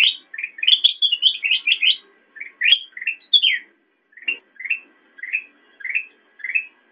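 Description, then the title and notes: Sooty-headed bulbul calling: a rapid cluster of bubbly chirps, then spaced single rising notes. Intended for training songbirds (masteran). "suara burung kutilang buat masteran"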